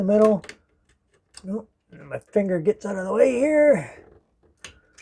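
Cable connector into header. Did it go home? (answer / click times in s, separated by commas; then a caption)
yes / 4.7 s. Someone talks while pushing a CPU power cable connector with a double tab into its header in a Phanteks P500A PC build, lining up the wider tab and moving a finger out of the way. A sharp click is heard at 4.7 s as the connector seats in place.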